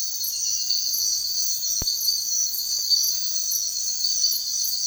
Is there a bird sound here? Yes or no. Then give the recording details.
no. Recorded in secondary vegetation near Puerto Asís, Putumayo, Colombia, on 9 March 2025 at 05:00. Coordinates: 0.499, -76.323. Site G094